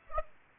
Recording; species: mosquito wingbeat signal from an infrared sensor; Aedes aegypti